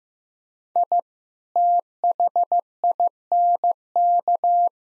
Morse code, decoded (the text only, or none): I THINK